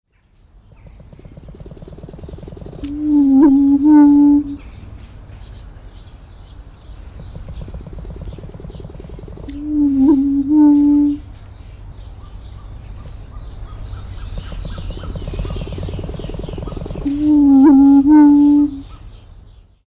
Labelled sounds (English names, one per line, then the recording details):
Greater Prairie Chicken
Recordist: Tembrock, Günter
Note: Balz